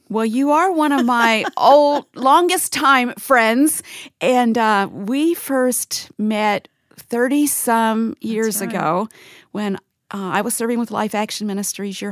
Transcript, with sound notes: Well, you are one of my old... (laughter) longest-time friends. We first met thirty-some years ago when I was serving with Life Action Ministries.